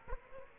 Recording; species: mosquito wingbeat signal from an infrared sensor; Aedes aegypti